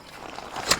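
A folding support bar on a Roofnest Meadowlark rooftop tent mounted on a Mini Cooper SE is pulled up into its upright position, with faint rustling and small taps beforehand. A sharp, loud click at 0.7 s marks the bar locking into place in the tent frame, followed by a softer knock.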